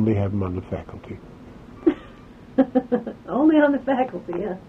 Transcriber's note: laughs